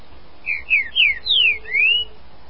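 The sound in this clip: Green-winged saltator song: a clear phrase of five sweeping whistled notes, several falling, the last rising, delivered in about one and a half seconds.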